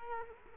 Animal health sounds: mosquito wingbeat signal from an infrared sensor; Culex quinquefasciatus

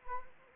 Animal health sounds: mosquito wingbeat signal from an infrared sensor; Anopheles arabiensis

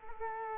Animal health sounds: mosquito wingbeat signal from an infrared sensor; Culex quinquefasciatus

